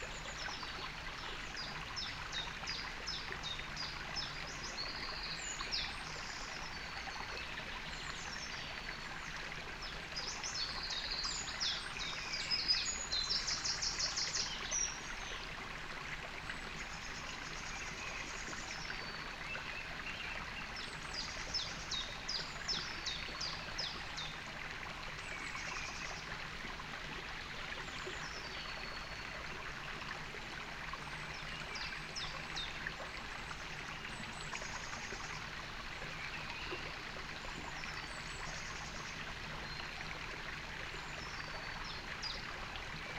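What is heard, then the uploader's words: A small stream trickles steadily throughout, its dense, even rush filling the middle and upper range at close range. Birdsong chirps and trills come through on top, busiest between about 10 and 25 seconds, with a brief louder burst around 13 seconds. Sat on a fallen branch, beside a flowing stream. Up in the hills of mid Wales. The rilling stream, and the spring birdsong.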